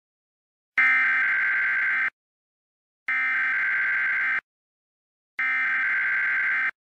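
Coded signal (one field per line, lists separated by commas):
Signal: Emergency Alert System (SAME) tones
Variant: header bursts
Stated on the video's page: Mock EAS alert, simulated scenario.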